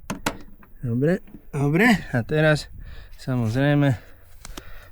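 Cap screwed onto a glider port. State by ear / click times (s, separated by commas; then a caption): seated / 0.1 s, 0.3 s. A small cap is screwed down over an opening on a glider so it will not let in false air, and two sharp clicks at 0.1 s and 0.27 s mark it snapping home into place. Someone then talks, and a couple of faint ticks follow near the end.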